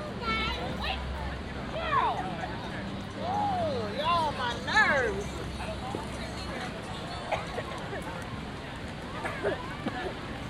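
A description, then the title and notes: Walking through a lakeside city park, voices chatter steadily over a low engine rumble that fades after six seconds, with outdoor hubbub. A Walk Around Lake Eola Park (Orlando, Florida).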